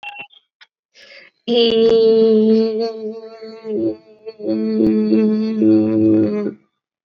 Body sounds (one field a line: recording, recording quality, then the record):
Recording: sustained vowel as in beet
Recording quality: excellent, no background noise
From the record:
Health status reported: COVID-19 positive, mild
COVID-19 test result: positive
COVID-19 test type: RT-PCR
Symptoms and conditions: cough, cold, sore throat, muscle pain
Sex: female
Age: 26 years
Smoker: yes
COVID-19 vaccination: both doses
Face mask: not worn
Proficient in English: yes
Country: India